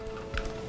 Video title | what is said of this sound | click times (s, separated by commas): Bully Dog GT Install (Gas) | and push it until it clicks. And then once it clicks, you've got your SD card in. | 0.4 s